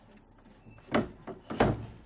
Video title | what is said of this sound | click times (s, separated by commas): THC DIY - Sunlounger | it locks into place | 0.9 s, 1.6 s